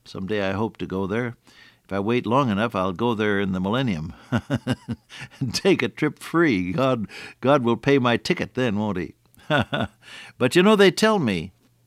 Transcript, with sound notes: Someday I hope to go there. If I wait long enough, I’ll go there in the millennium [chuckle] and take a trip free. God will pay my ticket then, won’t he? [chuckle] But you know, they tell me